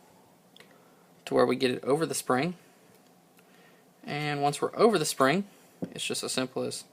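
A Glock Gen4 slide lock is fitted at an angle over its spring as it is handled into the polymer pistol frame, while someone talks. Only a couple of faint handling ticks are heard around 0.6 s and 3.4 s. Nothing has seated or snapped into place yet.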